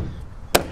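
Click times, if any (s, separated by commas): 0.6 s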